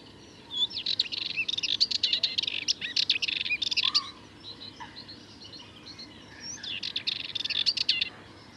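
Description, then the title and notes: Sardinian warbler song: a long, hurried stream of harsh, chattering notes, a quieter pause with faint sounds, then another rapid scratchy burst. Recorded 22 March 2019 at Le Charnier, Camargue, at twilight; a long monologue of incredibly nervous, rapid song; Wildtronic parabola, MKH8020 microphone, MixPre 3 recorder. "Le Charnier - Camargue. une Fauvette mélanocéphale (Sylvia melanocephala)"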